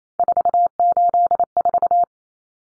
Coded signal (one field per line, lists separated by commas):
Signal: Morse code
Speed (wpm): 28 wpm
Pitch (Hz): 700 Hz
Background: none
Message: 484